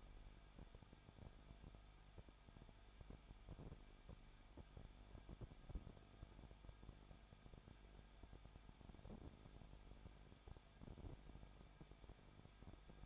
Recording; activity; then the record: daily activity, microphone in the room; no activity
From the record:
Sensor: 5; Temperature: 20.9 degrees Celsius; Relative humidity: 35.1%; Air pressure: 994.7 hPa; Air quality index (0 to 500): 154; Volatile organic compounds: 2 ppm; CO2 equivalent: 1289 ppm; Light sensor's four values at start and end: 2/3/1/1 and 2/3/1/1